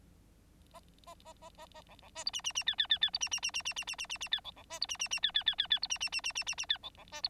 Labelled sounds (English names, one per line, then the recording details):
Bengalese Finch song
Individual Bird9